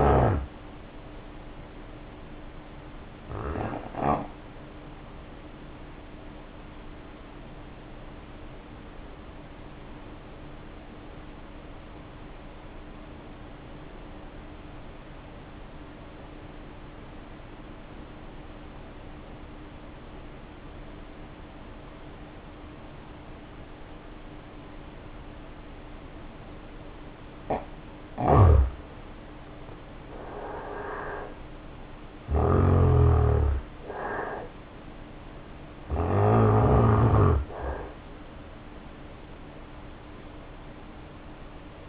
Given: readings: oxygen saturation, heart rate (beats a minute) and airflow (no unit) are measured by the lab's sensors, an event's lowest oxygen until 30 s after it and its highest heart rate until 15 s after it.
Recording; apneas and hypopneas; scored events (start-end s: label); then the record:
breathing in sleep by a voice recorder at the bedside; 1
7.00-30.10 s: obstructive apnea (N1, oxygen 93% highest, then 76% lowest, heart rate 53 at the start, 68 highest)
9.00-41.89 s: new sleep stage, N2 (light sleep)
From the record:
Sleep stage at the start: N1 (lightest sleep); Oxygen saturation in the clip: 78 to 93%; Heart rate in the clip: 48 to 68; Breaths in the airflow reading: 5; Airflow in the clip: -4.2 to 2.1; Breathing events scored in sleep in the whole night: 520 in 7.2 hours asleep